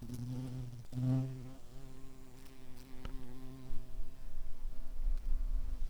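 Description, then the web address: White-tailed bumblebee buzzing, a low steady drone with stacked harmonics, loudest just after the first second, with faint clicks and background rustle. Queens. "bumblebees Lucorum-queens"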